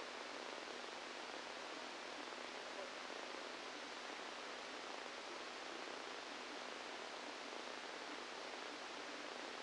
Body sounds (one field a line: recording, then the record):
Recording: brain microelectrode recording played as sound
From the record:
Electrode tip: inside the subthalamic nucleus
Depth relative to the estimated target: -3 mm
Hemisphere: left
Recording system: NeuroSet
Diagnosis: Parkinson's disease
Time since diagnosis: 17 years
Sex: male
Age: 64 years